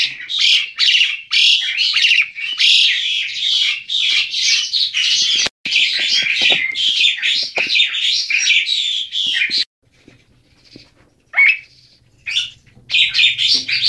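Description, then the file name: Asian pied starling song, a dense run of harsh chattering and squeaky notes in rapid bursts, pausing briefly near the end before resuming. Male bird singing. "Kicau Jalak Suren Jantan"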